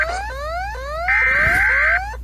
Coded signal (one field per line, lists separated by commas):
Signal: Emergency Alert System (SAME) tones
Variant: header bursts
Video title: GALAPAGOS ISLANDS EAS ALARM 🇪🇨